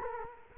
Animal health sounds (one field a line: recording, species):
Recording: mosquito wingbeat signal from an infrared sensor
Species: Culex quinquefasciatus